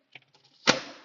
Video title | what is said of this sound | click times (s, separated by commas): Kitchen Adjustable Leg Installation Complete Process - kitchen का leg लगाने का तरीका - पीवीसी लेग | क्लिक करके आवाज आएगी और वो उसमें होल्ड हो जाएगा। | 0.7 s